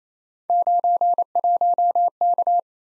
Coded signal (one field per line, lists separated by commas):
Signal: Morse code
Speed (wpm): 29 wpm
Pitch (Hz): 700 Hz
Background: none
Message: 91K